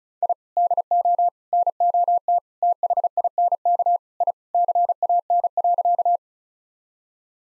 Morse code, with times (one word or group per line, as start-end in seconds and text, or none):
0.2-0.3 I
0.6-1.3 DO
1.5-2.4 NOT
2.6-4.0 THINK
4.2-4.3 I
4.5-6.2 CAN.